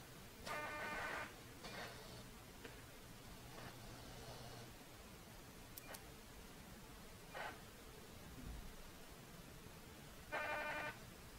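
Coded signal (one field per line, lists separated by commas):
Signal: ACARS aircraft data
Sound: five short buzzy data bursts, about half a second each, between stretches of hiss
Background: radio static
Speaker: decoding any cars from the file I made last night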